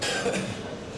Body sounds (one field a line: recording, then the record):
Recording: coughing mixed with background sound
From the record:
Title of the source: Cough Around the Clock!